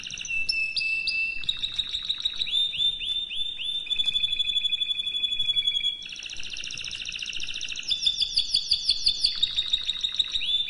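Canary song: a long sequence of quick rolling trills, repeated chirps and clear whistled notes, changing tempo and pitch between phrases.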